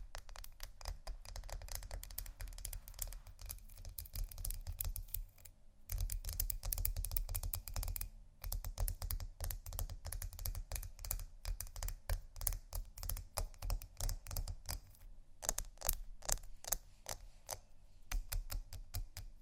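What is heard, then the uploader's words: Ice being scratched and tapped in quick, irregular clicks and scrapes that crowd together like fast typing. The bright ticks run nearly nonstop, with short pauses around 6, 8 and 15 seconds, over a steady low rumble underneath. Ice Scratch & Tap. No Talking.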